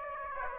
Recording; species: mosquito wingbeat signal from an infrared sensor; Aedes aegypti